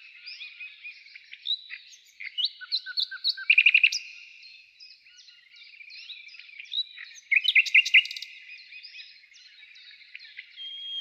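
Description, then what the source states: Common nightingale singing varied phrases: clear whistles, short chattering notes and two bursts of fast, loud repeated clicks, with quiet pauses between phrases. Song described as a nightingale trill.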